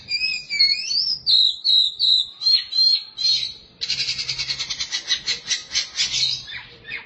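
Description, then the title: Oriental magpie-robin song opening with sweet whistled warbles, then a rapid repeated buzzy trill of pulsing notes. Chirping song (kicauan) of the bird. "Suara Kicauan Burung Kacer Durasi Panjang"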